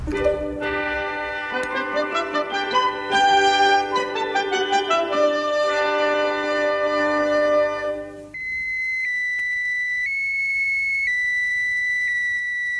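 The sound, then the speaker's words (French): Beeping signal of the French satellite A1, the first French satellite, launched on 26 November 1965 by a Diamant rocket from the Hammaguir base in Algeria: a thin, steady high-pitched electronic tone that shifts slightly in pitch, following a stretch of dense, buzzy harmonic tones. No voices. “C'est celui du satellite A1 lancé cet après-midi par la fusée Diamant de la base aérienne de Amagir.”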